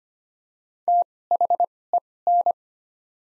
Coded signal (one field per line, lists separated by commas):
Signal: Morse code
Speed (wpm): 25 wpm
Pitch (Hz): 700 Hz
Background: none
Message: THEN